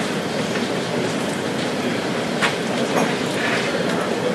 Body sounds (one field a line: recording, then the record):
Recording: background sound without coughing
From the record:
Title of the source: Office Sounds Ambience - Background Noise for Study and Work